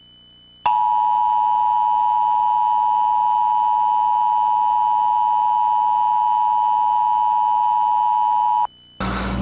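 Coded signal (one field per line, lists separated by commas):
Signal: Emergency Alert System (SAME) tones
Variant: 853 and 960 Hz attention tone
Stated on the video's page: Fictional EAS scenario.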